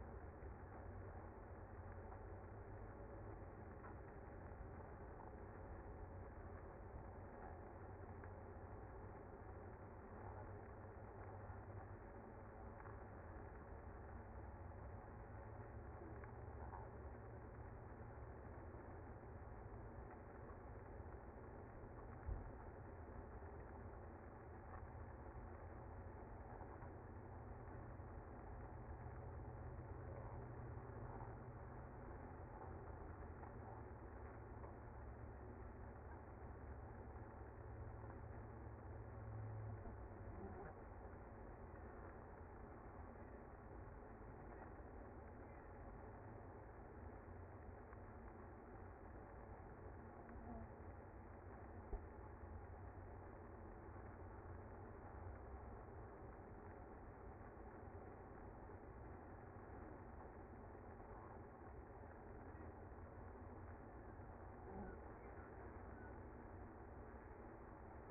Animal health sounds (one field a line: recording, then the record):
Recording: honeybee colony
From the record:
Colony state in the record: active